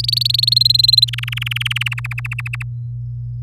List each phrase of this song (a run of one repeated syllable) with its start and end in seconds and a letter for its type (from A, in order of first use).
0.00-0.27 A, 0.29-1.10 B, 1.13-1.88 C, 1.91-2.63 D